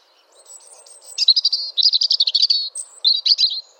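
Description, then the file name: European robin song: a quiet high lead-in, then a rapid tumbling phrase of thin, trilled notes, with a short sparkling burst at the end. "Erithacus rubecula"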